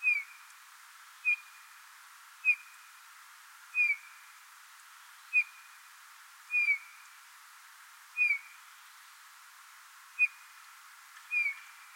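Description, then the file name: Eurasian bullfinch giving a series of nine mellow, clipped whistled notes, slightly falling, repeated roughly every second and a half against quiet background hiss. "Pyrrhula pyrrhula"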